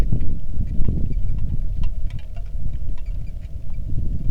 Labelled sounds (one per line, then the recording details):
bird
wind
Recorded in the Arctic National Wildlife Refuge, Alaska, on 3 August 2019 at 09:26
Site 46